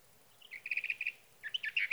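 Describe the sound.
Sage thrasher: songbird warble with a series of rapid repeated chips, a pause, then jumbled warbled phrases, heard over a soft background hiss.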